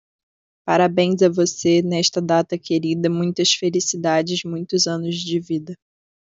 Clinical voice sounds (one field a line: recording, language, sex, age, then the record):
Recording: short text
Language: Brazilian Portuguese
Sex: female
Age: 20 to 29 years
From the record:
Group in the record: control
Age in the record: 25 years